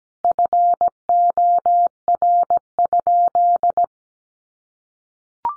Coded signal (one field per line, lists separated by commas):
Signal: Morse code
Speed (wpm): 17 wpm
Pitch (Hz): 700 Hz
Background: none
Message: FOR?